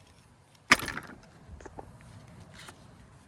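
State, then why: Not seated. A drive axle (CV shaft) on a Corolla is being handled at the transmission, with one sharp strike at 0.7 s followed by a decaying ring and a few faint knocks and rattles. The axle has not seated or clicked into the transmission yet.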